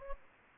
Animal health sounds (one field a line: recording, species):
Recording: mosquito wingbeat signal from an infrared sensor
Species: Anopheles gambiae